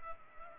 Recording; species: mosquito wingbeat signal from an infrared sensor; Culex pipiens